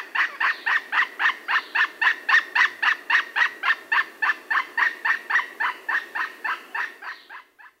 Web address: Nature Songs S America Primates of the Rainforest Yellow-tailed woolly monkey